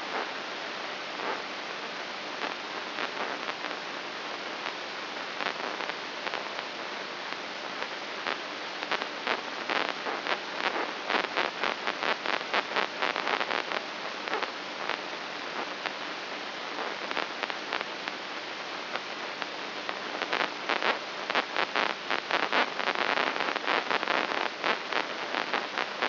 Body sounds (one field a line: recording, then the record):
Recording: brain microelectrode recording played as sound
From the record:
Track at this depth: inside the subthalamic nucleus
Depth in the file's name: 4.585 mm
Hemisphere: left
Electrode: 3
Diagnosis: Parkinson's disease